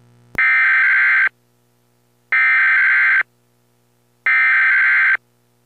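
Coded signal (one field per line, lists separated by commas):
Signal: Emergency Alert System (SAME) tones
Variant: header bursts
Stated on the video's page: A fictional depiction of a major national emergency alert.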